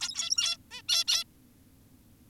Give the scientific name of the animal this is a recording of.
Taeniopygia guttata